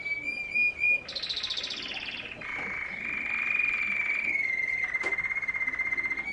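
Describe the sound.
Canary song: a steady high trill held for about a second, then a brighter rolling tour, then a long sustained warbling trill that shifts pitch near the end.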